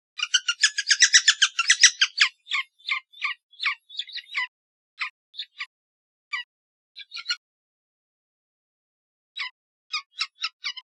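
Red-naped sapsucker giving a rapid chattering string of rough notes that gradually slows, spreading into isolated squeaky calls with a long silent gap before a few more.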